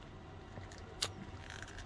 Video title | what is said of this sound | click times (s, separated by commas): NECA Toys Teenage Mutant Ninja Turtles Punk Frogs Genghis and Rasputin Figure Review | there we go when you are twisting it back on place or at least the defaulted head sculpt you'll notice there's that satisfying snap | 1.0 s